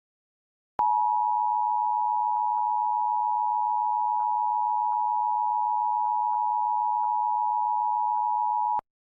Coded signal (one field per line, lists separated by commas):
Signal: Emergency Alert System (SAME) tones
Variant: 853 and 960 Hz attention tone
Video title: (EAS #55!) | New Jersey Required Monthly Test | 06/19/2023 or 06/20/2023